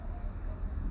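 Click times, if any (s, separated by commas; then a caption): none. A metal bearing (or the shaft with its bearing) is being fitted into the housing of a steering gearbox on a MAN D2066 diesel truck during assembly, where it is driven in with light taps. The clip carries only a steady low rumble with no distinct impacts. Nothing has seated or clicked yet.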